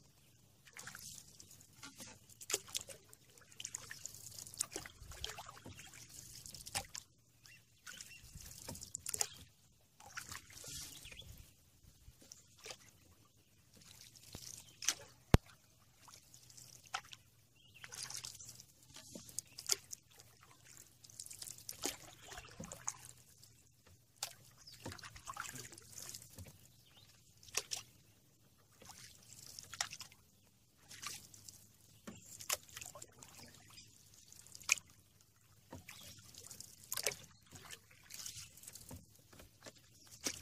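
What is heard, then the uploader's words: A canoe drifts on a lazy river, water trickling and dribbling against the hull in soft, uneven bursts every second or two. Brighter splashes, like paddle strokes, come and go, with one sharp knock near fifteen seconds over a faint low hum. Canoe In River. A CANOE IN LAZY RIVER.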